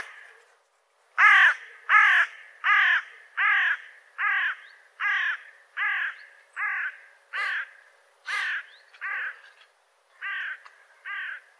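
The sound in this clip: Bird repeating harsh nasal caws, about fifteen in a steady series, with a slightly longer gap before the last two.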